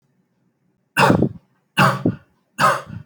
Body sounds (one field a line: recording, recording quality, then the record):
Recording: shallow voluntary cough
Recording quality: excellent, no background noise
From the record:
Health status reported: healthy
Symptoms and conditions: none ticked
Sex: male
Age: 42 years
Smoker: not ticked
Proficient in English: yes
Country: India